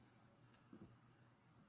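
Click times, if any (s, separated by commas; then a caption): none. A metal bracelet end link is being fitted onto a Deep Blue Juggernaut V watch case, with its spring bar compressed and worked toward the lug holes. Only quiet handling noise is heard, with a couple of soft, low knocks around 0.7 to 0.9 seconds. Nothing has seated or clicked yet.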